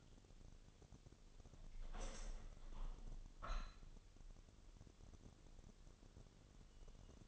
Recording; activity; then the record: daily activity, microphone in the room; open window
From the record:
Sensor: 4